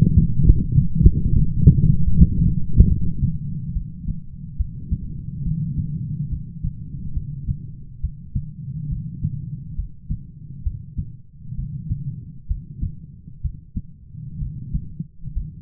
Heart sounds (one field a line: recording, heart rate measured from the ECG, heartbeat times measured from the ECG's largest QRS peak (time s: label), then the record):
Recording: heart sounds by stethoscope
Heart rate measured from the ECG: 68 bpm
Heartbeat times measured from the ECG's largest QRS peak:
0.40 s: heartbeat
1.21 s: heartbeat
2.04 s: heartbeat
2.88 s: heartbeat
3.73 s: heartbeat
4.57 s: heartbeat
5.43 s: heartbeat
6.28 s: heartbeat
7.13 s: heartbeat
8.01 s: heartbeat
8.89 s: heartbeat
9.75 s: heartbeat
10.63 s: heartbeat
11.55 s: heartbeat
12.47 s: heartbeat
13.41 s: heartbeat
14.39 s: heartbeat
15.33 s: heartbeat
From the record:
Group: heart failure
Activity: light exercise 0-6 s, rest 6-16 s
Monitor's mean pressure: 43 mmHg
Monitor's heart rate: 71 bpm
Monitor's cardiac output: 5.8 L/min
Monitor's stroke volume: 80 mL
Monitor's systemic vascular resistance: 490 dyn s/cm5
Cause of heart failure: dilated cardiomyopathy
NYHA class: 3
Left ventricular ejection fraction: 27%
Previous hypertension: present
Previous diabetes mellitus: present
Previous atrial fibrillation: present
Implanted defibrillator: present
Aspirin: present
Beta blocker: bisoprolol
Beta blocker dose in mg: 1.25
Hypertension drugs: sacubitril-valsartan, spironolactone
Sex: female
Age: 39 years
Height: 170 cm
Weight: 64 kg